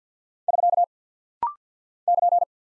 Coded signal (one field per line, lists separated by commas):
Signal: Morse code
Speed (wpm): 48 wpm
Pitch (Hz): 700 Hz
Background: none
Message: <SK> <KN>